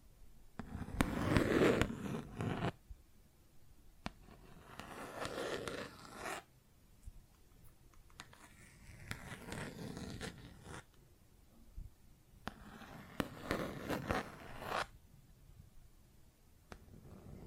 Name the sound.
Plastic Objects Tapping and Scratching